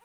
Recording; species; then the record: mosquito flight sound by mobile phone; Aedes sierrensis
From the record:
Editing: cut to the mosquito's sound